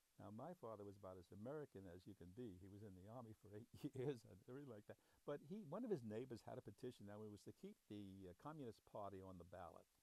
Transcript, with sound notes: Now, my father was about as American as you can be. He was in the Army for eight years [chuckles] and every — like that. But he — one of his neighbors had a petition that was to keep the Communist Party on the ballot.